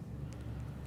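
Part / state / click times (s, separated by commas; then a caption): ostomy pouch tail closure clip on pouch tail / not seated / none. An ostomy pouch tail closure clip is handled on the pouch tail: the tail is folded once over the clip's blade, smoothed of wrinkles, and the clip cover is brought down. A few faint ticks sit over a steady low hum, but the clip has not snapped closed or seated yet.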